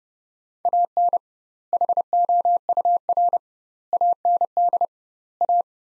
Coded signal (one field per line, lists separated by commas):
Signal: Morse code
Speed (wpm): 30 wpm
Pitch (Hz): 700 Hz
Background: none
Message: AN HOUR AND A